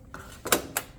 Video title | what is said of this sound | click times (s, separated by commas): Suptek Studless TV Wall Mount | And it locks in place. | 0.8 s